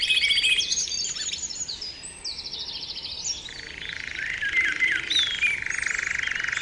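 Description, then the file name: Canary song of fast high trills and rolling phrases over a hissing background, with scattered sharp chirps in the second half. Canary therapy (training) song. "kenari terapi omkicau"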